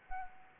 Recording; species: mosquito wingbeat signal from an infrared sensor; Anopheles arabiensis